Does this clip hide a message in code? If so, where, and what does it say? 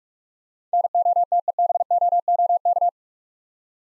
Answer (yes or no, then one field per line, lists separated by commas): yes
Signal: Morse code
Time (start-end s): 0.7-2.9 s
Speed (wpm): 44 wpm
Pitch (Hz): 700 Hz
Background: none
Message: NOTEBOOK